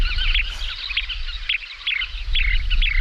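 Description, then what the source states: Kentish Plover calls: a series of short, bright chirping notes over a low rumble. Recording taken from the internet and played back on air.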